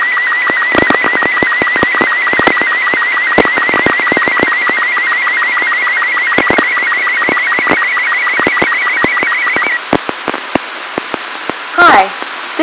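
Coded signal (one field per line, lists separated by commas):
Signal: SSTV (slow-scan television)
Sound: warbling high tone near 2 kHz with rapid regular low ticks, crackling clicks throughout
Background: radio static crackle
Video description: There are four different SSTV images in this audio stream , spaced at about 2 mts duration.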